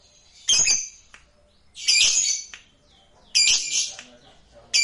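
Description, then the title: Lovebird squawks: loud, grating, broad-toned calls about one to one and a half seconds apart, with short quiet gaps between them. "Suara Lovebird"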